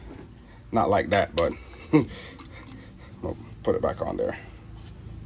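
A cooling system pressure tester's cap adapter is handled and refitted onto a radiator or expansion tank filler neck, to be pulled down until its cam teeth lock it in place. Someone talks throughout, with a brief sharp sound near 1.9 seconds. Nothing has seated or clicked yet.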